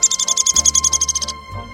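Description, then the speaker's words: Downy Woodpecker call: a fast run of many sharp, high notes lasting just over a second. "That's the call of a downy woodpecker."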